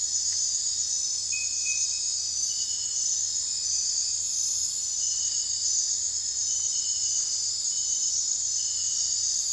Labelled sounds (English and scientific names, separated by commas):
none